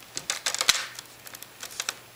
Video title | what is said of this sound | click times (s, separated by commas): Laptop Screen Replacement for Dell Vostro V12 | press from the bottom you'll hear it click | 0.3 s, 0.7 s